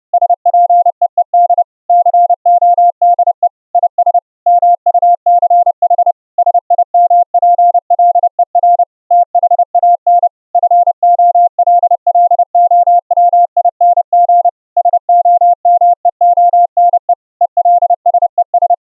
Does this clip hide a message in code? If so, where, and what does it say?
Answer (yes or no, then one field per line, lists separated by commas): yes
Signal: Morse code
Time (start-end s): 0.1-18.7 s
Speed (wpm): 30 wpm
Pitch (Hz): 700 Hz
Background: none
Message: SPEED CODE IS MUCH SIMPLER THAN FOLLOWING SOMEONE ELSES